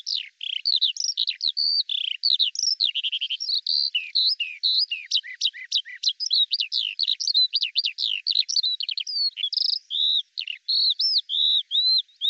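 Eurasian skylark song, a long unbroken stream of rapid twittering, chirruping and buzzy trilled notes, with short clear whistles near the end; no other sounds.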